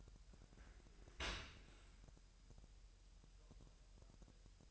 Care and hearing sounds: daily activity, microphone in the room; open dishwasher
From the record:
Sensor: 2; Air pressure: 1000.6 hPa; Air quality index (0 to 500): 246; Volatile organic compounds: 92 ppm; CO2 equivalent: 3702 ppm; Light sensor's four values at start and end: 9/22/9/9 and 9/22/9/9

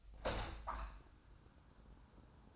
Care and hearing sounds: daily activity, microphone in the room; open window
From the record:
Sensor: 2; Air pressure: 1004.5 hPa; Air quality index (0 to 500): 104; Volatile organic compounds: 2 ppm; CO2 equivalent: 1248 ppm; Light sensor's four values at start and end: 6/14/5/5 and 6/14/5/5

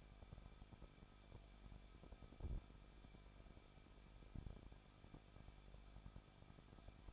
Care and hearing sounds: daily activity, microphone in the room; no activity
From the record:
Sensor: 5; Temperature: 20.8 degrees Celsius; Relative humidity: 38.2%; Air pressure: 1006.7 hPa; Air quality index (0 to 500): 184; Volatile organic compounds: 17 ppm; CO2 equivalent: 2578 ppm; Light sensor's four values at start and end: 2/3/1/1 and 2/3/1/1

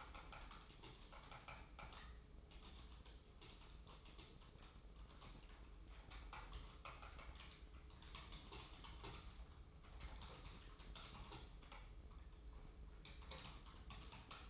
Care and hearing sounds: daily activity, microphone in the room; typing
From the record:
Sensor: 1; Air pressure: 995.3 hPa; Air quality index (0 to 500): 28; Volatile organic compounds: 1 ppm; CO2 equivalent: 541 ppm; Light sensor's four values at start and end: 14/49/17/18 and 14/49/17/18

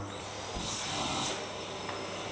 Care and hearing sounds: daily activity, microphone in the room; vacuum cleaning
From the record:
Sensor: 3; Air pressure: 999.2 hPa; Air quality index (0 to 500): 203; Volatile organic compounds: 50 ppm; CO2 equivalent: 3301 ppm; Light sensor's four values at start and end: 7/17/7/6 and 7/17/7/6

